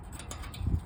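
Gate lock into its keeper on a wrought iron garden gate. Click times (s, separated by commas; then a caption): 0.3 s, 0.5 s. A metal gate lock is engaged into its keeper on a closed wrought iron garden gate, giving sharp mechanical clicks at 0.3 s and 0.5 s, followed by a low thud around 0.7 s. The lock latches shut and the gate is confirmed locked.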